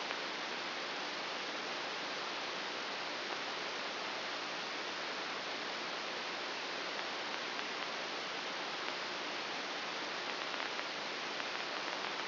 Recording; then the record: brain microelectrode recording played as sound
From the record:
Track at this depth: outside the subthalamic nucleus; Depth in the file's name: 6.401 mm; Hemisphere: right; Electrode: 2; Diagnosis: Parkinson's disease